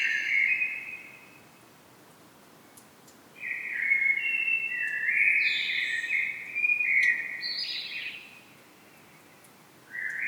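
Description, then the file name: Common blackbird song: fluty warbled phrases separated by pauses, one ending in a higher twitter. "Turdus merula"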